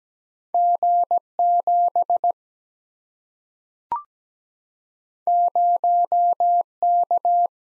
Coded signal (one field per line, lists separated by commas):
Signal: Morse code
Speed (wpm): 17 wpm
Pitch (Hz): 700 Hz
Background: none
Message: G 7 0 K